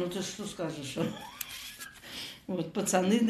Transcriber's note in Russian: смеётся